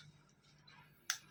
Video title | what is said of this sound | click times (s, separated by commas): ARNA INGCO Mini Die Grinder Rotary 130W Tool Kit with 52 pics /// tech ji solar electronics | okay இப்ப lock ஆயிடுச்சு பாருங்க lock ஆயிடுச்சுன்னா நம்ம வந்து ஓபன் பண்ணிக்கலாம் | 1.1 s